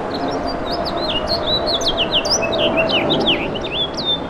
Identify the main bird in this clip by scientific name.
Haemorhous mexicanus